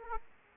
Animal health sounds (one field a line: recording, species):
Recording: mosquito wingbeat signal from an infrared sensor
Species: Aedes aegypti